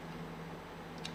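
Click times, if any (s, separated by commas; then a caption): 1.1 s. The selector detent clicks into place at 1.1 s as the pistol grip screw is tightened over the selector detent spring on an AR lower receiver. A short, sharp click rises above a steady low hum. The selector is seated, confirming the spring was properly aligned, since a misaligned spring would give no audible click.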